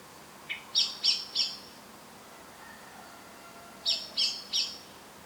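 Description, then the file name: Eurasian blackbird giving two triplets of high, hard chinking calls, the first led by a softer lower note. "Turdus merula"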